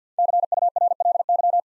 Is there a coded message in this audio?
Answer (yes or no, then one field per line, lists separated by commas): yes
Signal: Morse code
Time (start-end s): 0.2-1.6 s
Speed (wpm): 49 wpm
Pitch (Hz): 700 Hz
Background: none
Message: CURLY